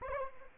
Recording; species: mosquito wingbeat signal from an infrared sensor; Anopheles arabiensis